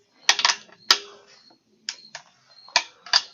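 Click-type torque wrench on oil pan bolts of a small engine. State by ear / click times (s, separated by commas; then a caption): torque reached / 0.3 s, 0.9 s, 2.8 s. Oil pan (sump) bolts on a Briggs & Stratton V-twin engine are pulled down with a click-type torque wrench set to 100 inch-pounds, during an oil pan gasket replacement. Sharp metallic clicks of the wrench reaching its setting come at 0.3, 0.9 and 2.8 seconds, each quickly because the bolts were already close. There are a few lighter ticks between them.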